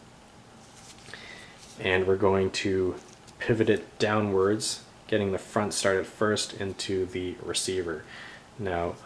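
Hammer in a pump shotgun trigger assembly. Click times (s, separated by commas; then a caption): 1.1 s. A pump shotgun trigger assembly, Mossberg 590A1, has its hammer pushed all the way back; it clicks into the cocked position and locks in place at 1.1 s. Someone talks through the rest of the clip.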